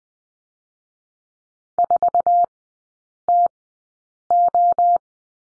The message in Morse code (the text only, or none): 4TO